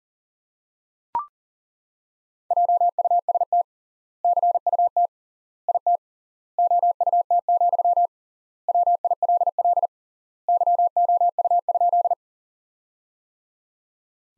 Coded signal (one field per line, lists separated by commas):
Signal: Morse code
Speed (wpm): 37 wpm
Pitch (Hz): 700 Hz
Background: none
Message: JUST CUT IT OUT, WILL YOU?